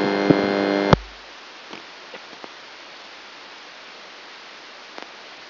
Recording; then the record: brain microelectrode recording played as sound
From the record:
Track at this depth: outside the subthalamic nucleus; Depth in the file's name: 0.008 mm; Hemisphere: right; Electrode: 2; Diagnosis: Parkinson's disease